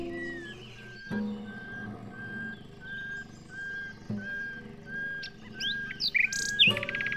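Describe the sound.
Bird whistling a steady series of short, level, clear notes about twice a second, ending in a burst of higher chirps; low steady hum beneath.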